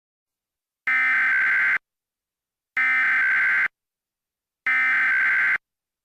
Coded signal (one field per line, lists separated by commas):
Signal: Emergency Alert System (SAME) tones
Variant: header bursts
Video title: KNTV Continuation And EAS Continuation?